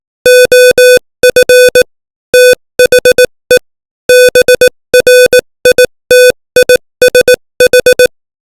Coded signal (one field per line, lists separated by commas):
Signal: Morse code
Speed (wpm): 18 wpm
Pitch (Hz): 500 Hz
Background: music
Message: OF THE BRITISH